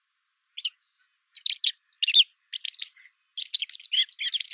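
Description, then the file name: White wagtail calls: sharp chirps in short bursts, becoming a quicker twittering series toward the end. "Motacilla alba"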